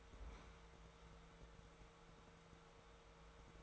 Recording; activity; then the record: daily activity, microphone in the room; open fridge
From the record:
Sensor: 3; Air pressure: 1014.8 hPa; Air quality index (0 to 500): 195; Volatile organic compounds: 26 ppm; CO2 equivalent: 2855 ppm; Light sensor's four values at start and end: 13/32/13/13 and 12/31/12/13